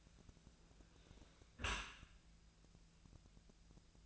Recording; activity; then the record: daily activity, microphone in the room; close dishwasher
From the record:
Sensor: 2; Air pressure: 1000.4 hPa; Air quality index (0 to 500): 162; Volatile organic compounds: 3 ppm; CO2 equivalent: 1345 ppm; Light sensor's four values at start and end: 13/35/14/16 and 13/35/14/16